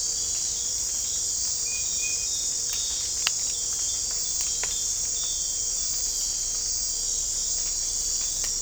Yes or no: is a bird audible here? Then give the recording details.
no. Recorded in dense forest near Puerto Asís, Putumayo, Colombia, on 20 December 2024 at 01:00. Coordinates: 0.499, -76.324. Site G045